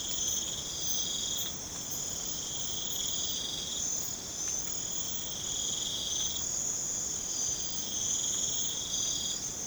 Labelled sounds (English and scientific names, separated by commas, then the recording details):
none
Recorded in pastures near Puerto Asís, Putumayo, Colombia, on 12 March 2025 at 02:00
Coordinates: 0.505, -76.324
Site GP08